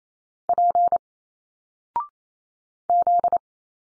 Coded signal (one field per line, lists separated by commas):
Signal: Morse code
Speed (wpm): 28 wpm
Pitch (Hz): 700 Hz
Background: none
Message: P Z